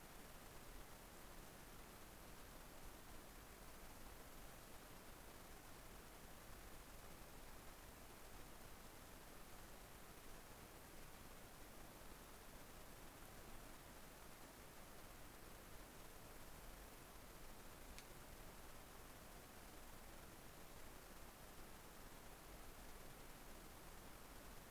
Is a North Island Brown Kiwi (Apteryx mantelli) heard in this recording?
no